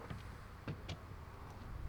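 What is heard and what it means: A removable tow ball is handled at the hitch receiver of a Tesla Model Y, with two brief metallic knocks at about 0.7 and 0.9 seconds over a low background hum. The ball has not seated or clicked into the receiver yet.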